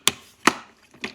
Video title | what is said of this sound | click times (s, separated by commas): DOES the AIVOLT Electric Pressure Washer Actually Have Power? - Setup, Features & Cleaning Demo | it clicked, and I'm pushing on it and it's not moving. | 0.1 s